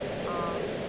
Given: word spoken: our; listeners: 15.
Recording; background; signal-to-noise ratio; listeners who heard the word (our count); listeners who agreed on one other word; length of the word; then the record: one English word in noise, from a listening test; speech-shaped noise; -4.3 dB; 0 of 15; 6 of 15; 0.49 s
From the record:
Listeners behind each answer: 6, 6, 2, 1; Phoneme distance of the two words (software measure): 7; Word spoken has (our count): 2 syllables, 2 phonemes, stress on syllable 1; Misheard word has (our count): 1 syllable, 1 phoneme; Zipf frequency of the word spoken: 6.22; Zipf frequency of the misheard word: 6.82